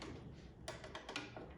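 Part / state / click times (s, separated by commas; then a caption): bobbin case into sewing machine shuttle / not seated / none. A threaded bobbin case is handled at the shuttle holder of a Singer Traditional 2277 sewing machine, on its way to being pushed in until it latches. Faint handling noise is broken by a few short, sharp taps near 0.7, 1.0 and 1.2 seconds. The bobbin case has not seated or clicked into place yet.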